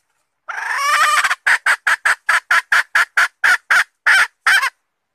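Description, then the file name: Red junglefowl hen giving a long harsh rasping note followed by a quick series of about twelve short, clipped cackles at an even pace. Hen calling to find a mate. "tieng ga rung mai keu tim kiem ban tinh"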